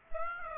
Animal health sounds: mosquito wingbeat signal from an infrared sensor; Aedes aegypti

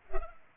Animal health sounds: mosquito wingbeat signal from an infrared sensor; Culex pipiens

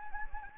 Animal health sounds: mosquito wingbeat signal from an infrared sensor; Anopheles gambiae

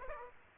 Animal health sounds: mosquito wingbeat signal from an infrared sensor; Aedes aegypti

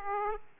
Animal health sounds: mosquito wingbeat signal from an infrared sensor; Aedes aegypti

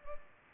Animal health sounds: mosquito wingbeat signal from an infrared sensor; Culex pipiens

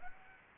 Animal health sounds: mosquito wingbeat signal from an infrared sensor; Aedes aegypti

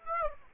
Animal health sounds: mosquito wingbeat signal from an infrared sensor; Aedes aegypti

